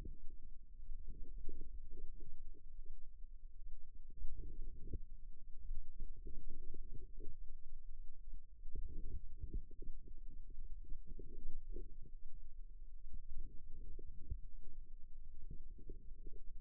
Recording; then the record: forearm muscle sounds (acoustic myography)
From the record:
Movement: outward rotation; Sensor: system 2, bracelet of six BSWA MPA416 microphones around the upper forearm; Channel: 5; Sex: female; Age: 22 years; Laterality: right